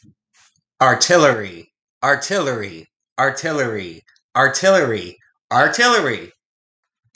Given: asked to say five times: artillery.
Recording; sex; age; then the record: repeated word; male; 40 to 49 years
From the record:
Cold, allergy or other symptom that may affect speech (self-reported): no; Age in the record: 47 years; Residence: Texas, United States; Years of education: 16